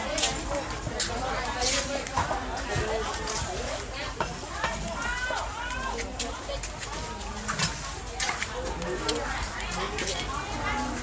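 A busy harbour market with steady overlapping chatter from many voices, sharp clicks and knocks scattered throughout, and occasional bird calls.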